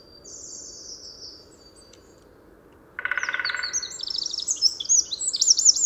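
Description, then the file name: Eurasian wren giving a short high trill, then after a pause a lower buzzy burst followed by rapid, high, rattling trills and twittering notes. "Troglodytes troglodytes"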